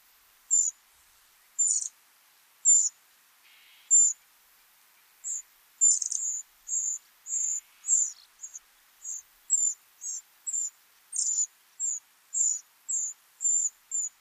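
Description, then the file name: Eurasian wren call notes: sharp, very high chips given singly, then in a steadier run roughly twice a second toward the end, with a faint lower buzzy note near four seconds. "Troglodytes troglodytes"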